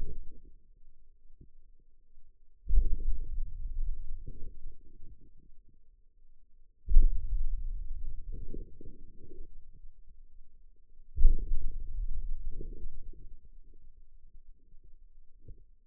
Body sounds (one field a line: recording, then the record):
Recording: forearm muscle sounds (acoustic myography)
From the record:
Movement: hand opening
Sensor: system 2, bracelet of six BSWA MPA416 microphones around the upper forearm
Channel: 6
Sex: male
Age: 22 years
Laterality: right